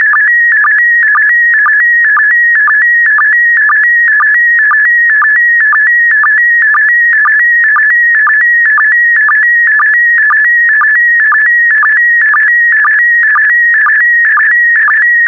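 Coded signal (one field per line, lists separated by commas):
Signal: SSTV (slow-scan television)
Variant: PD120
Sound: steady warbling tone stepping between pitches, with short low sync chirps about twice a second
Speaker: complete. You can now check your decoded image against the picture that is shown on the video.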